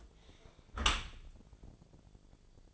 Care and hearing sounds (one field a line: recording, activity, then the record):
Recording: daily activity, microphone in the room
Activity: close dishwasher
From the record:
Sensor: 5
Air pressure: 1000.6 hPa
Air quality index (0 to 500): 149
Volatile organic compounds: 2 ppm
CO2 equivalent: 1148 ppm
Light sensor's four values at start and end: 41/94/40/44 and 41/92/40/43